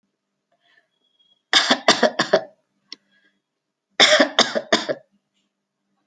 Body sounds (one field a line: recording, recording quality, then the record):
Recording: shallow voluntary cough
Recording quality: excellent, no background noise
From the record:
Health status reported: respiratory illness, not identified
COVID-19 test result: negative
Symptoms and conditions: cough, cold, sore throat, fever, fatigue, muscle pain, loss of smell and taste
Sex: female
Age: 43 years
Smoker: not ticked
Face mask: not worn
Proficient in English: yes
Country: India